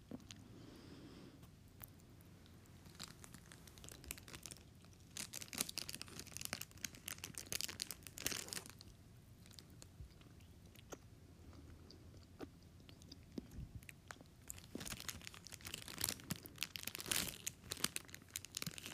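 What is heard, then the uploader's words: A snack wrapper crinkles and rustles in quick, irregular bursts throughout, with sharp crackles clustering around the middle and again near the end. Between them come softer crunching and chewing sounds over a low, steady hum. Dessert asmr • hostess snack and cake squishy. Includes hostess snack wrapper and eating sounds.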